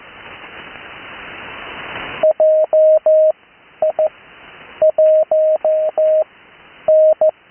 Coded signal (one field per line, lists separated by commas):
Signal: Morse code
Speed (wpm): 14 wpm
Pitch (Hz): 620 Hz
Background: none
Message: JI 1 N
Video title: Morse Code Callsign Practice – Recorded Live July 8 2026 #morsecode